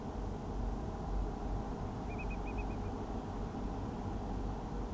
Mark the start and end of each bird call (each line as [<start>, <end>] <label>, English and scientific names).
[2.09, 2.90] Eurasian Whimbrel (Numenius phaeopus)